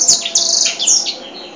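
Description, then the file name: White-rumped seedeater gives a brief burst of high, sharp chirps and thin descending whistles, fading out after about a second. Original song. "audio edel sanger lagu asli. omkicau"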